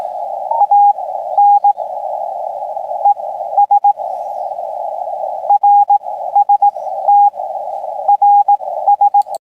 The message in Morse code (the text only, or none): ANES RST RS